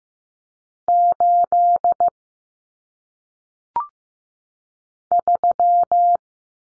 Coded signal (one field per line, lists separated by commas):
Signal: Morse code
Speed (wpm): 15 wpm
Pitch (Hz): 700 Hz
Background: none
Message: 8 3